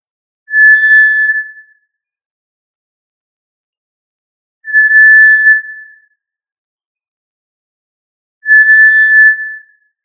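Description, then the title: Tinamou whistled call: three long, steady, pure notes, each held over a second, repeated about every four seconds against complete silence. "Familia Tinamidae - Quail - Puyuh"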